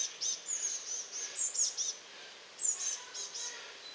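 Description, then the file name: Eurasian blue tit calling with a run of thin, high, slightly descending notes in two quick clusters, with soft background hiss. "Cyanistes caeruleus"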